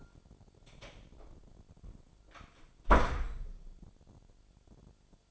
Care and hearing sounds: daily activity, microphone in the room; close door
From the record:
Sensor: 5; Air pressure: 1007.4 hPa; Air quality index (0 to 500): 162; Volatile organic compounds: 4 ppm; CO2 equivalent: 1558 ppm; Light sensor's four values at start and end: 57/161/63/63 and 57/163/63/63

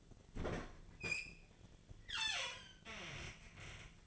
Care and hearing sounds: daily activity, microphone in the room; open fridge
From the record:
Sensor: 4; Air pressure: 1010.5 hPa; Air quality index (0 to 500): 179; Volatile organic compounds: 5 ppm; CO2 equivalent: 1816 ppm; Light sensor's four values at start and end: 32/96/38/38 and 27/83/32/33

